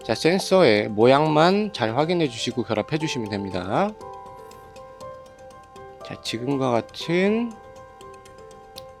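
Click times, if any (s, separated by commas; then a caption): 8.8 s. Someone talks over background music while the plastic pulse sensor wire connector of an Igozin 806R indoor recumbent exercise bike is pushed by hand into its mating connector. The plugs are joined in the correct position so they make a clicking sound. A sharp, short click at 8.8 s marks the connector seating.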